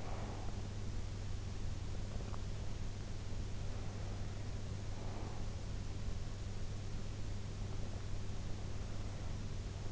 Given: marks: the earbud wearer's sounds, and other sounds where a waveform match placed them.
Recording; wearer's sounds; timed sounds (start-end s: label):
sounds in sleep by an in-ear microphone; breath
0.00-0.59 s: breath